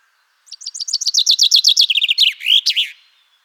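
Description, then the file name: Common chaffinch singing one complete phrase of lively repeated notes that tumble downward, quicken toward the end and finish with a loud, twisting terminal flourish. "Fringilla coelebs"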